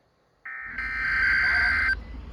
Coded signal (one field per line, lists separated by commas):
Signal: Emergency Alert System (SAME) tones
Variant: end-of-message bursts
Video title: Weekly Tests & A Few Civil Alerts (EAS #1418-#1427)